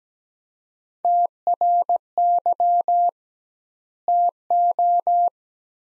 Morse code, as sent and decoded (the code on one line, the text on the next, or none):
- .-. -.-- / - ---
TRY TO